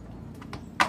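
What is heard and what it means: A PC component, likely a memory module or power connector, is pressed into a motherboard until it clicks into place. Two faint taps come at 0.4 and 0.5 seconds, then a sharp, bright click at 0.8 seconds as the part seats.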